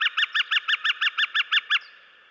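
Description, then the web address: Gilded Flicker gives a quick repeated series of about eleven bright wik notes at a steady rapid pace, then falls silent. Western North America. "Dan Gibson Wildlife Identification By Sound, Western North America. Gilded Flicker"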